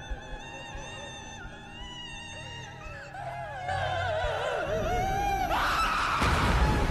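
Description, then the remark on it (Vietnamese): A mother's anguished wail rises and falls in long wavering cries as she writhes in a fierce fire, growing louder as a harsh, crackling roar of the burning fire swells up beneath her toward the end. “Tiếng gào khóc của mẹ cùng với tiếng nửa lửa cháy lốp bốp vẫn cứ vang lên kinh hoàng.”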